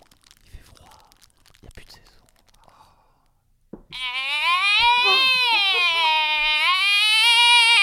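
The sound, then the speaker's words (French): A person imitates a lynx cry: after soft rustling and breaths, a loud, sustained, wavering high-pitched wail rings out for about four seconds, rich and slightly trembling in pitch. “C'est pas du tout, c'est un lynx, voilà.”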